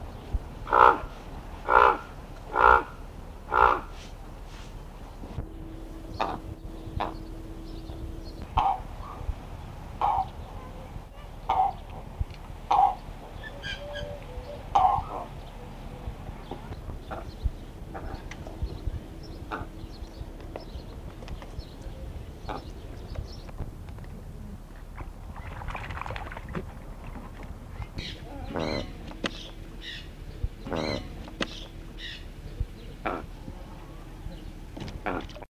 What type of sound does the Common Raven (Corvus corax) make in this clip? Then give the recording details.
call. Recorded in captivity. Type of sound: call. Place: Zoo Braunschweig-Stöckheim, Niedersachsen, DE. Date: 1975-08-09. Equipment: Halbspur, 9,5 cm/s. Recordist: Lütgens, Hans. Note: Rufe